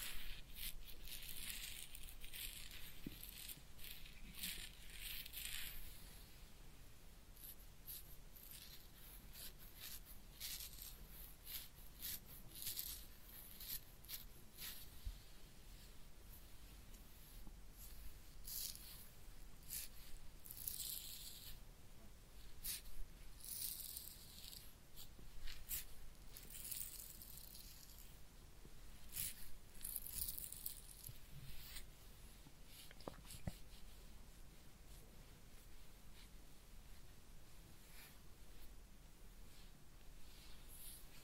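A real head massage and ear cleaning: fingers and tools rub and scratch in dense, irregular bursts of crisp, hissy rustling. The scratching is busiest in the first half, then thins out to softer, sparser strokes over a faint low hum.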